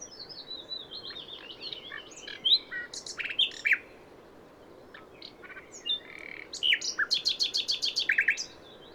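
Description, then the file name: Common nightingale singing varied phrases: sweeping whistles and sharp notes, a short quiet gap, then a quick run of repeated piercing notes. "Luscinia megarhynchos"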